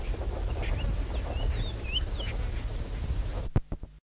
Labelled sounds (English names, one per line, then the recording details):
Lilac-breasted Roller call
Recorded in the wild
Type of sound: call
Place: Südwestafrika
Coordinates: -23, 17
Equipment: Halbspur, 9,5 cm/s
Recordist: Lütgens, Hans
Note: Rufe